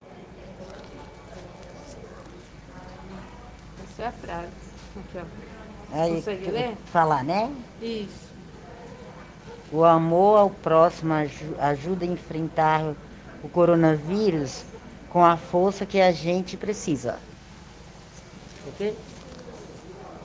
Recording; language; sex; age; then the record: spoken sentence; Brazilian Portuguese; female; 50 to 59 years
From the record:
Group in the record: respiratory insufficiency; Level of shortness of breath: 5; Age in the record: 54 years